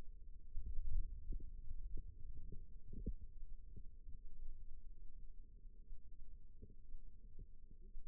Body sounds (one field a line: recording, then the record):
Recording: forearm muscle sounds (acoustic myography)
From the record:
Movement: inward rotation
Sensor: system 2, bracelet of six BSWA MPA416 microphones around the upper forearm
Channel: 4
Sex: female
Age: 22 years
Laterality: right